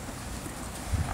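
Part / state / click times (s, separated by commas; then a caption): child safety seat lower anchor connector onto vehicle's metal anchor bar / not seated / none. A child safety seat's lower anchor connector is handled while being fitted onto the vehicle's metal anchor bar in the seat bight. Only low rumbling and faint rustling are heard, with a slightly louder low thump near 0.9 s. Nothing has seated or clicked yet.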